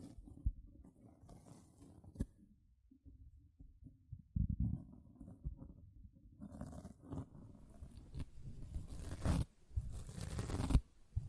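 A sponge is handled, with irregular scratching and squishing, plus a few sharp clicks near two and eleven seconds. The opening is quieter and mostly low. After about four seconds the rubbing grows denser and brighter, with rasping bursts building toward the end.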